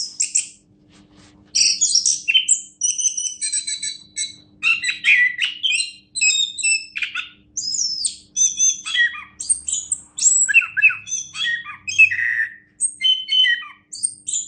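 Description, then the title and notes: Orange-headed thrush song after a brief opening note and a short quiet gap, with rapid high-pitched whistles, chattering notes and downslurred phrases in bursts. National champion bird. "Anis Kembang Juara Nasional. kicau anis kembang"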